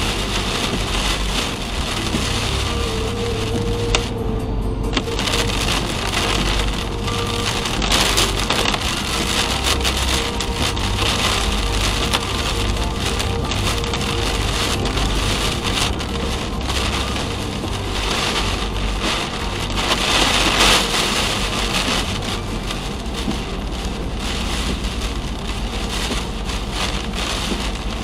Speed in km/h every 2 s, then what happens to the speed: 78, 78, 87, 89, 89, 89, 92, 94, 90, 85, 81, 80, 80, 80.
3-5 speeds up to 89. 5-14 steady at about 89. 14-21 slows to 80. 21-28 steady at about 80.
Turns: none.